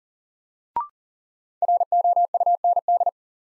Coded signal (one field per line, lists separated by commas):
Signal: Morse code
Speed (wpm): 40 wpm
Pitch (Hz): 700 Hz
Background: none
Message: ROUND